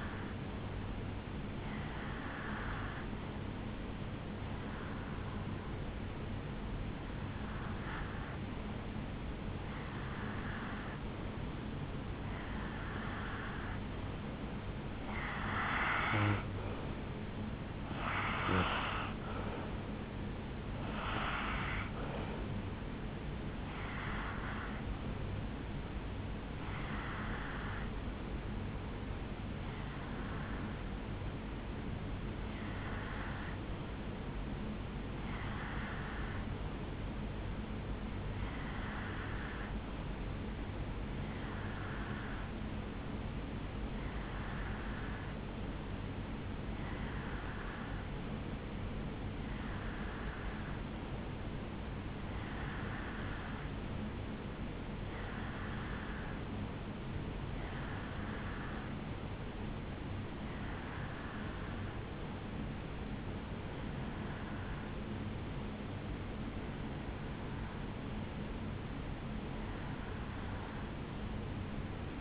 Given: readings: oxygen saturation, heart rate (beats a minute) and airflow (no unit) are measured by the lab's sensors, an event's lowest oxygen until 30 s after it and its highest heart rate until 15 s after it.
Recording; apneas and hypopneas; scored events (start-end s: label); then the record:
breathing in sleep by a voice recorder at the bedside; 1
35.00-56.10 s: hypopnea (N2, oxygen 94% highest, then 89% lowest, heart rate 65 at the start, 74 highest)
56.00-72.21 s: new sleep stage, REM sleep
From the record:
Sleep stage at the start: N2 (light sleep); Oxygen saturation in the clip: 88 to 94%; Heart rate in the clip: 65 to 79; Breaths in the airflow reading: 26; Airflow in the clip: -9.0 to 4.5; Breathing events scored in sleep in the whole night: 449 in 7.0 hours asleep